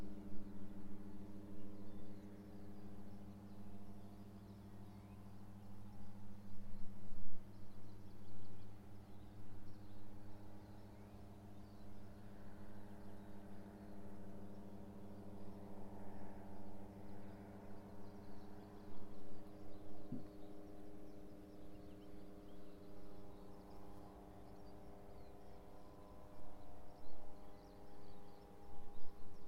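A steady engine drone hums throughout, with strong low tones and a motor whine that swells and fades as aircraft pass overhead, loudest around the middle. Children's voices carry faintly from a short distance away. A brief click sounds near twenty seconds.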